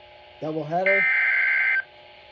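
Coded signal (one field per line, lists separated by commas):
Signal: Emergency Alert System (SAME) tones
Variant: header bursts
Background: speech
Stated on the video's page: Two real lakeshore flood warnings from the National Weather Service.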